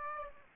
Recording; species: mosquito wingbeat signal from an infrared sensor; Aedes aegypti